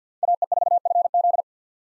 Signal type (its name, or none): Morse code